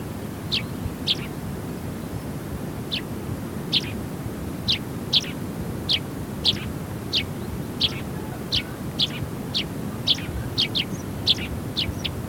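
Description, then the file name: Eurasian tree sparrow giving clipped chirps, roughly one or two per second, steady and repetitive over a continuous low background rumble. "Passera Mattugia"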